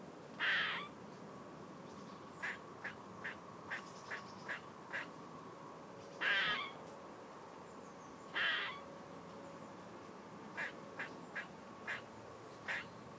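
Grey squirrel calls: three longer, harsh rasping notes mixed with runs of short, dry chucks repeated roughly every half second.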